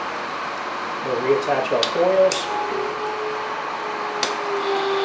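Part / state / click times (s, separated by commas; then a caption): wiring connector onto ignition coil / not seated / none. Someone talks while ignition coils are being reattached on a 2007-2013 Toyota Corolla during a valve cover gasket replacement, with the plastic wiring connector being handled to go onto an ignition coil. A steady background hum runs throughout, and a brief sharp tick is heard near 4.2 seconds. Nothing has seated or clicked yet when the clip ends.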